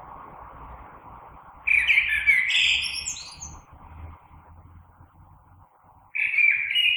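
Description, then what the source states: Common blackbird song: a warbled phrase rising into high squeaky twitters, then a pause and the start of another phrase, with low humming underneath. Recorded 3 March 2020.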